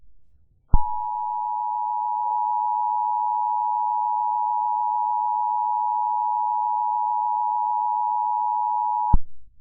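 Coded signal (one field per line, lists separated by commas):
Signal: Emergency Alert System (SAME) tones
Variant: 853 and 960 Hz attention tone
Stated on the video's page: Fictional EAS scenario about a tornado, not a real alert.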